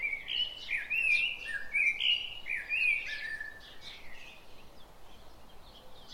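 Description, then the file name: Common blackbird song, a rich run of mellow fluted notes rising and falling for about three seconds, then softer high chirps. "Turdus merula"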